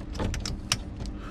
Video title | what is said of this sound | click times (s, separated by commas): Ford Vehicles How To Fix Your Sloppy Shifter Arm - Ford Bronco OBS F150 F250 F350 Most Older Fords | You kind of hear it snap into place back there. | 0.7 s